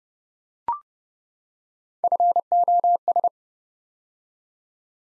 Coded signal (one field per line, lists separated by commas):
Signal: Morse code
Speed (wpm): 30 wpm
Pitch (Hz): 700 Hz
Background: none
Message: FOS